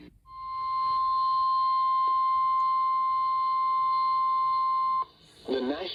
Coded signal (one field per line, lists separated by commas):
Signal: Emergency Alert System (SAME) tones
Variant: 1050 Hz attention tone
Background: speech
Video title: Mid-Summer Marathon Pt. 2 - EAS Alerts from July 10-17, 2025 || EAS 1,971-1,977